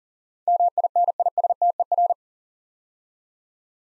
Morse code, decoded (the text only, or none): MINISTER